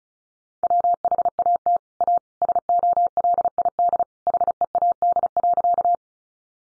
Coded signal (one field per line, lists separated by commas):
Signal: Morse code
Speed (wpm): 34 wpm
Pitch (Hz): 700 Hz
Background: none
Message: WHAT A SOLID HEAD.